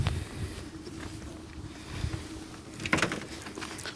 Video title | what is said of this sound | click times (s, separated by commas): ARCA EUROPA 610 A CLASS MOTORHOME REVIEW of 1986 TALBOT CAMPER | that just clicks into place | 2.9 s